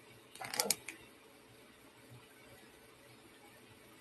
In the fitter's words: It's on there good. I think you can hear it snap on.